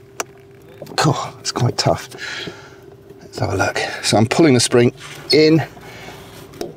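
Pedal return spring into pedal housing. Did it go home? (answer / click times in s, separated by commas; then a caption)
yes / 6.6 s. A steel pedal return spring is pulled into its locating point on the clutch pedal housing of a Defender while someone talks. There are faint handling sounds, then a small, sharp click at 6.6 s as the spring seats in place.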